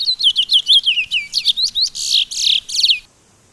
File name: suara burung towa towa. omkicau